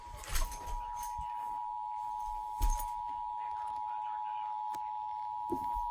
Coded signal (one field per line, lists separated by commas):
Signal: Emergency Alert System (SAME) tones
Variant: 853 and 960 Hz attention tone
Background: speech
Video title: Child Abduction Emergency EAS(6-1-2020) #16